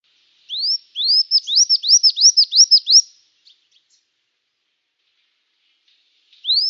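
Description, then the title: Brown-throated sunbird song: a rapid run of high, sweeping rising-and-falling notes lasting about two and a half seconds, then a pause and a single rising note at the end; a few faint ticks after the run. In full active song (gacor), used for training cage birds. "Kolibri Gacor"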